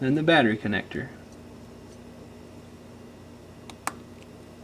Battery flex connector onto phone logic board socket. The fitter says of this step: And you'll feel it snap in place.